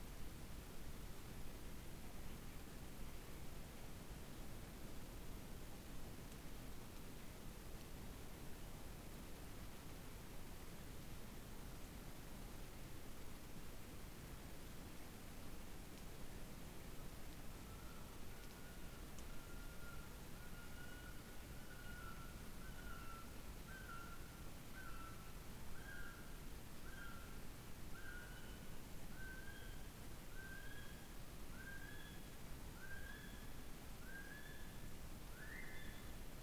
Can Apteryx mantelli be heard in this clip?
yes